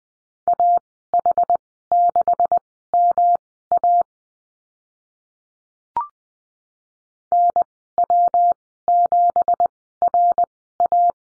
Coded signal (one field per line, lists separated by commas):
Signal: Morse code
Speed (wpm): 20 wpm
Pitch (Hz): 700 Hz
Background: none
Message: AH6MA NW7RA